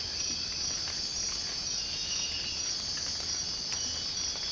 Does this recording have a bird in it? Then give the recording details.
no. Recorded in secondary vegetation near Puerto Asís, Putumayo, Colombia, on 19 March 2025 at 05:00. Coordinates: 0.502, -76.326. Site G100